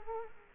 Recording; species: mosquito wingbeat signal from an infrared sensor; Culex quinquefasciatus